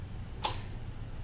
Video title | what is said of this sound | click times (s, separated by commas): Walker Safety with CareLinc - Jay Taylor | You have metal brake handles that really click into place. | 0.5 s